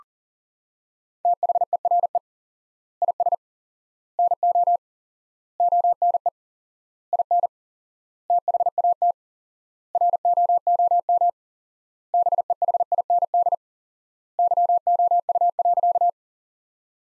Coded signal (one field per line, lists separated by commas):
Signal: Morse code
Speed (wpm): 40 wpm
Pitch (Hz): 700 Hz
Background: none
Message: THERE IS NO ONE IN THAT ROOM BEHIND YOU.